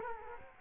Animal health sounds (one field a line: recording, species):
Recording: mosquito wingbeat signal from an infrared sensor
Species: Culex quinquefasciatus